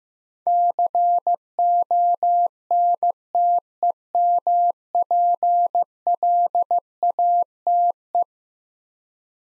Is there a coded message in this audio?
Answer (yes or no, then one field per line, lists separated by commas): yes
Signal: Morse code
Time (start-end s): 0.5-8.2 s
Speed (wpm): 15 wpm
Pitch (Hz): 700 Hz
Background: none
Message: CONTEMPLATE